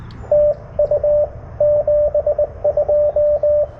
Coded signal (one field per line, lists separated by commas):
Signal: Morse code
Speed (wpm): 22 wpm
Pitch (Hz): 590 Hz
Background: radio noise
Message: TU 72